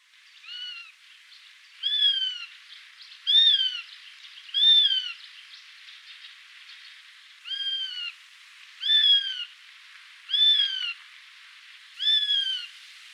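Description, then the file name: Eurasian sparrowhawk giving a series of eight similar whining, slightly descending calls, with faint background hiss. "sperber"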